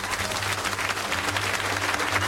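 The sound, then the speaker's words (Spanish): Steady applause from a group on a Canal Sur Radio morning show, given to a listener after they read a poem they had written, dense overlapping claps forming a continuous bright crackle at an even loudness throughout, with no voices over it. “Un aplauso para usted, merecidamente.”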